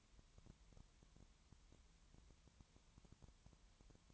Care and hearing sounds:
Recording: daily activity, microphone in the room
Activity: no activity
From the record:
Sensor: 3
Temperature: 20.5 degrees Celsius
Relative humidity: 32.9%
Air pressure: 1003.2 hPa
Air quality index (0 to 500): 106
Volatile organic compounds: 2 ppm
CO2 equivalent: 1075 ppm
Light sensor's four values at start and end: 2/3/2/2 and 2/3/2/2

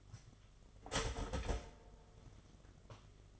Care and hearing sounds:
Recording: daily activity, microphone in the room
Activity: start toaster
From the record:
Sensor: 4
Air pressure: 1015.4 hPa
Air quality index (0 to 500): 203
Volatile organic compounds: 10 ppm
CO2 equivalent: 2264 ppm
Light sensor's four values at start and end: 4/9/3/3 and 4/8/3/2

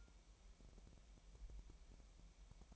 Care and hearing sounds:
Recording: daily activity, microphone in the room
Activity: take from stove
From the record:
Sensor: 1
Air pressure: 1002.0 hPa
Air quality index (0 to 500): 246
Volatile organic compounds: 50 ppm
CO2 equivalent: 3298 ppm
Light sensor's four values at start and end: 5/12/5/6 and 5/12/5/6

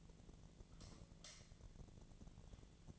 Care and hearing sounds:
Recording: daily activity, microphone in the room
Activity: light off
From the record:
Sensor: 4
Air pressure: 1010.7 hPa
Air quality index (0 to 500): 170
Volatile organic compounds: 5 ppm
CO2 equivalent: 1728 ppm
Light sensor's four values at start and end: 38/110/43/44 and 38/108/43/44

